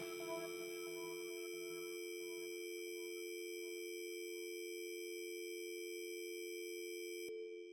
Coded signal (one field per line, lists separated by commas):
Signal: telephone call progress tone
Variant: North America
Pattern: dial tone